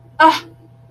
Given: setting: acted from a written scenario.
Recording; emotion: vocal sound without words; anger